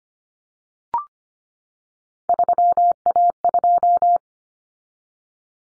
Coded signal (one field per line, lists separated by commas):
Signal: Morse code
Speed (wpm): 25 wpm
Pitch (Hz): 700 Hz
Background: none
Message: 3A2